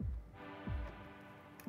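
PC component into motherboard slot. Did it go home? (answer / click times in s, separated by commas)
partly / 1.6 s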